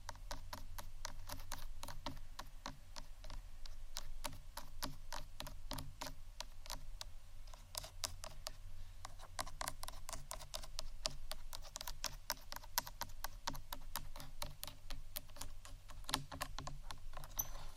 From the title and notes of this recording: ASMR Softly Tapping & Scratching （No Talking）.